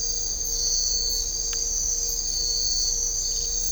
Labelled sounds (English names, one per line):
none